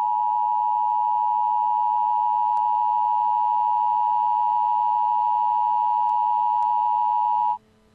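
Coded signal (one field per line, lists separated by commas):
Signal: Emergency Alert System (SAME) tones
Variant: 853 and 960 Hz attention tone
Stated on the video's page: Fictional EAS scenario combining a tornado warning and a nuclear missile emergency.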